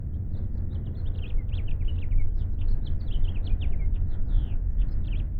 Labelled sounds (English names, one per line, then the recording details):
House Finch song
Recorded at Oak Beach on Long Island, New York, on 21 May 1975
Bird A